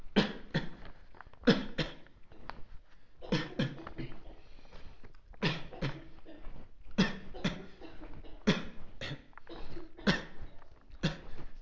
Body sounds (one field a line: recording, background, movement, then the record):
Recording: voluntary coughing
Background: a bystander coughing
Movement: walking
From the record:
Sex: male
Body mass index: 23.7 kg/m2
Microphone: on the chest, facing outward